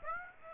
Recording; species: mosquito wingbeat signal from an infrared sensor; Aedes aegypti